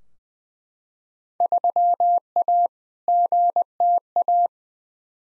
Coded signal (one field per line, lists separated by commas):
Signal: Morse code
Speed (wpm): 20 wpm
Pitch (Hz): 700 Hz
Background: none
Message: 3A GTA